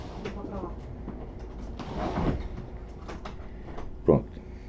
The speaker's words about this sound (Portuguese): Um momento, temos que abrir a porta para o cachorro aqui que ele está querendo assistir a aula.